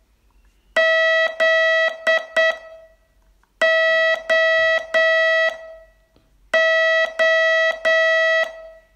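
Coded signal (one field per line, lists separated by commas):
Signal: Morse code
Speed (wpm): 9 wpm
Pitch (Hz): 650 Hz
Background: none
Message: Z O O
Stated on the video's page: Morse training lesson, day 23 of a 42-day course.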